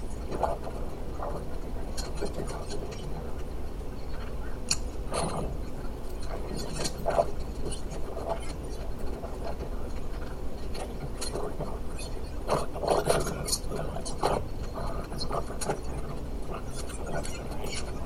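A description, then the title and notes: A glitching cable access channel plays as a dense, steady wash of low hum and hiss that never lets up. Short bright crackles and bursts flicker across it irregularly every second or so, with faint muffled voice-like fragments buried underneath. Cable access channel was glitching out so I recorded it.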